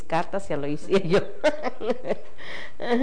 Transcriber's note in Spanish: risas